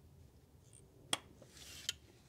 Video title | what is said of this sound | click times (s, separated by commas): TIGUAN/GTI/JETTA 2.0 TSI SPARK PLUG REPLACEMENT -EASY GUIDE | till you hear a click just like that | 1.1 s